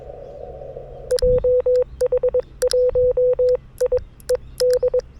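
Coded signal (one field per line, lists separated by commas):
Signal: Morse code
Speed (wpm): 22 wpm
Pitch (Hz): 500 Hz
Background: radio noise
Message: JH1IED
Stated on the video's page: CW POTA activation from Sanriku Fukko National Park on 40m and 30m, Yaesu FTX-1F at 5W, RHM12 antenna, BaMaKeY TP-III paddle.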